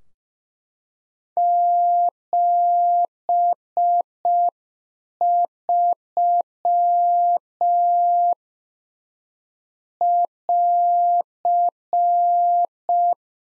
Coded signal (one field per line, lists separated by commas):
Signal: Morse code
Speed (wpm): 5 wpm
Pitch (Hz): 700 Hz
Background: none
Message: 73 <AR>